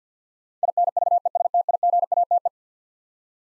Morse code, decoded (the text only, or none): INVESTIGATE